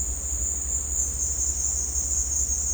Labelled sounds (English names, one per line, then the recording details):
none
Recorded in dense forest near Puerto Asís, Putumayo, Colombia, on 18 December 2024 at 16:00
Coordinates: 0.466, -76.327
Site G075